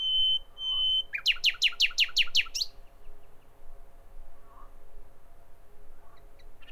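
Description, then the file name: Common nightingale song: two level whistled notes, then a loud, fast trill of sharp repeated notes lasting about a second and a half, fading into soft scattered sounds. "Nachtigall"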